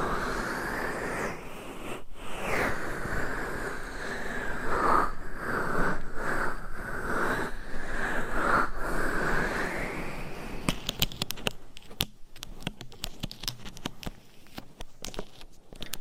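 Scratching against a microphone: for the first ten seconds a dense, steady rasping rub fills the sound, with a brief break near two seconds. After that it turns into quicker, sparser scrapes and clicks, thinner and quieter, continuing irregularly to the end.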